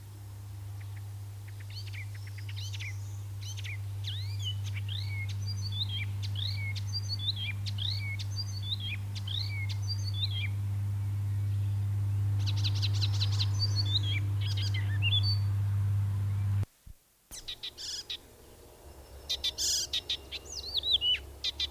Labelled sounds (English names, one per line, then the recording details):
Icterine Warbler song
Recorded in the wild
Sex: male
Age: adult
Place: Schweinfurt, Bayern, DE
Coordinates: 50.0472, 10.2508
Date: 1964-06-05
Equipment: Original, Vollspur
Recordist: Tretzel, Erwin